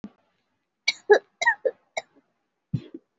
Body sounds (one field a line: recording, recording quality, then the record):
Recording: heavy voluntary cough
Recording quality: excellent, no background noise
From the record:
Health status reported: COVID-19 positive, mild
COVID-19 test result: positive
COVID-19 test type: RT-PCR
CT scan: not taken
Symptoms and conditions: sore throat, fever, loss of smell and taste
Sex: female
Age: 18 years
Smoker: no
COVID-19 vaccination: none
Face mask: worn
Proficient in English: yes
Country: India